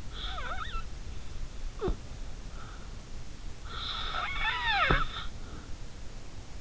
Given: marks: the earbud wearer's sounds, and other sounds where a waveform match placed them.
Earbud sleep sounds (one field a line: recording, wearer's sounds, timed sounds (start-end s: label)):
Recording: sounds in sleep by an in-ear microphone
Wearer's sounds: snoring breath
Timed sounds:
0.15-2.86 s: snoring breath
3.59-5.84 s: snoring breath